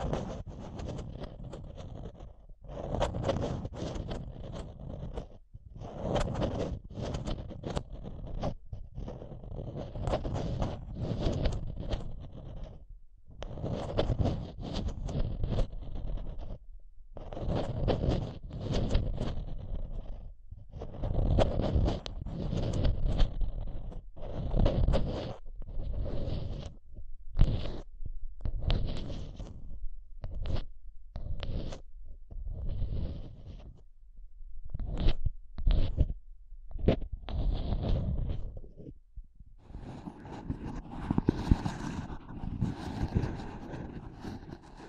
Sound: Intense Mic Tapping and Scratching Sounds